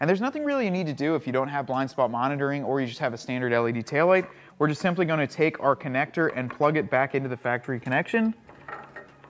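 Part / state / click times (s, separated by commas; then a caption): taillight wiring connector into vehicle factory harness connector / not seated / none. Someone talks while handling the passenger-side LED smoked taillight assembly for a 2020–2021 Jeep Gladiator, bringing its plastic wiring connector to the vehicle's factory harness connector. Low handling noise is heard under the talking. The connector has not snapped or seated yet by the end of the clip.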